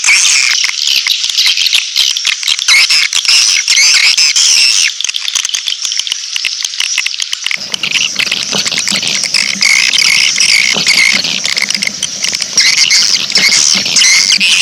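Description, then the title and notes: Swiftlet calls, a continuous mass of high buzzy chirps and clicks; a low hum joins partway through. Swiftlet farming sound from Asia. "Swiflet Bird Sound. Farming Swiflet Bird asia sound"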